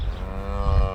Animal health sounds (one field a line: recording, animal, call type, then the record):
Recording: contact call of a hoofed animal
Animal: cattle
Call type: low-frequency (closed-mouth) or high-frequency (open-mouth) call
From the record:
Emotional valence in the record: negative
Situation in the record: full separation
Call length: 0.95 s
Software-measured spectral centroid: 1160 Hz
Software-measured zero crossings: 610 a second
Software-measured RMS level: -23 dBFS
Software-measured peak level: -12 dBFS